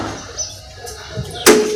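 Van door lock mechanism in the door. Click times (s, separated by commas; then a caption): 1.5 s. A repaired door lock mechanism in a Suzuki Ravi/Bolan van door is operated a second time, and a loud metallic clunk is heard at 1.5 seconds. The lock engages again. Someone talks.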